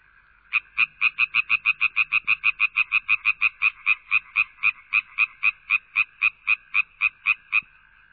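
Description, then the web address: Frog giving a long train of many rasping croaks, rapid at first and then gradually slowing, over a quiet background. "Sound Effects Special FX 2. Frogs"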